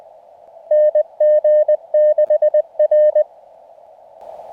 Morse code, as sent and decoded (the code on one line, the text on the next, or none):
-. --. -.... .-.
NG6R